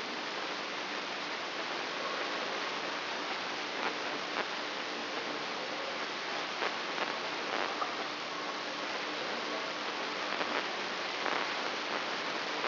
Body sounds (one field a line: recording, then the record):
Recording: brain microelectrode recording played as sound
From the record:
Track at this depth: outside the subthalamic nucleus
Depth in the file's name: 8.504 mm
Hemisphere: left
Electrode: 3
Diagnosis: Parkinson's disease